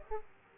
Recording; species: mosquito wingbeat signal from an infrared sensor; Aedes aegypti